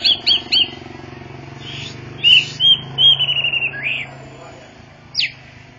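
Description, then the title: Orange-headed thrush singing clear whistled notes: a few quick rising chirps, then longer slurred whistles and a short trill, with a steady low hum beneath. Described as a champion bird, singing vigorously (gacor) with drooping-wing display (teler). "Suara Burung Anis Merah Gacor Teler Doyorng Juara"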